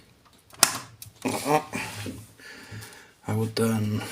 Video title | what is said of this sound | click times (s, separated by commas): Vertical GPU Mount Installation Guide! | until you hear the click that | 0.6 s